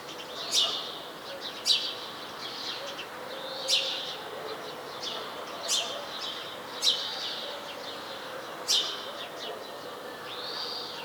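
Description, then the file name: House sparrow calls, loud harsh chirps spaced unevenly, with a soft whistle near the end and background hiss. "Passer domesticus"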